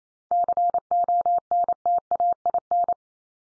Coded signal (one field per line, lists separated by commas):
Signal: Morse code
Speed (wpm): 28 wpm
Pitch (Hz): 700 Hz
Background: none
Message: CONTAIN